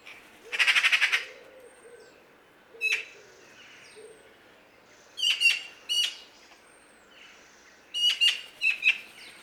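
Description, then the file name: Eurasian magpie giving a loud harsh chattering rattle, then short rasping calls, singly or in small clusters. "Pica pica"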